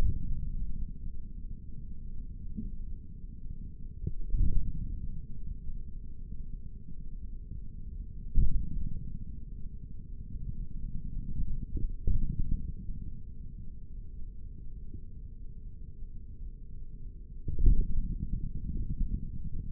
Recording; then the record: forearm muscle sounds (acoustic myography)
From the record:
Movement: index flexion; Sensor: system 3, bracelet of six PUI Audio POM-2738L microphones around the upper forearm, with dedicated amplification and filtering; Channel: 4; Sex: male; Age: 56 years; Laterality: right